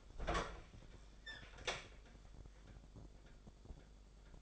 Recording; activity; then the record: daily activity, microphone in the room; open fridge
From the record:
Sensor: 5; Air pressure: 1004.7 hPa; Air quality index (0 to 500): 159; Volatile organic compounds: 3 ppm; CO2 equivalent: 1500 ppm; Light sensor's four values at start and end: 22/49/20/18 and 24/55/22/21